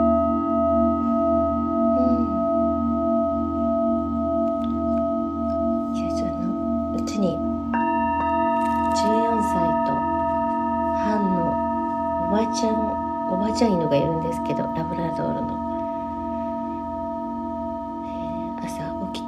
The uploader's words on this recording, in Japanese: メキシコから シンギングボウルのサウンドヒーリング ライブ。